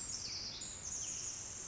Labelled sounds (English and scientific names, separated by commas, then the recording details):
Pacific Wren (Troglodytes pacificus)
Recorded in Sonoma County, California